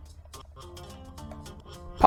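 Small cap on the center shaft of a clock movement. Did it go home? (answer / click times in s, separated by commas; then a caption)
yes / 2.1 s. A small cap that replaces the second hand is pushed onto the center shaft of a clock movement over soft background music with a few quiet bumps. It pops into place with a sharp, loud, very short click at 2.1 s, seating the cap on the shaft.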